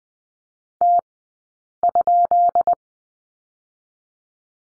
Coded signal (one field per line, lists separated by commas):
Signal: Morse code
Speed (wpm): 20 wpm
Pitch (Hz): 700 Hz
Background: none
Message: T?